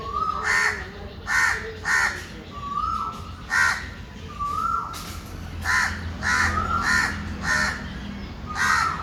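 Bird giving harsh, hoarse caws in pairs and short runs, with level whistled notes that rise slightly in between, over a low steady background hum.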